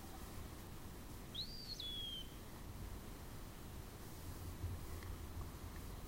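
Eastern wood-pewee song, a single plaintive whistle rising sharply then sliding down and trailing off, over a low continuous rumble.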